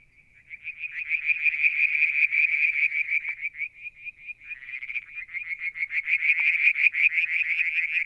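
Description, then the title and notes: Frogs: dense high pulsing notes rising quickly in volume, dipping briefly, then resuming as a fast stream of rapid calls. Calling one evening near a water tank at Mount Wilson, New South Wales, Australia, July 2022. "Frog song, Mount Wilson, New South Wales, Australia in July 2022 – by Alexander Moffatt. Limnodynastes Peronii, Litoria Verreauxii and a mystery frog one evening near the water tank"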